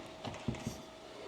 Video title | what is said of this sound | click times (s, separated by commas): Maximize Your Garage Space With Rubbermaid Fast Track System | Lock. Snaps right into place. | 0.2 s